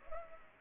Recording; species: mosquito wingbeat signal from an infrared sensor; Culex pipiens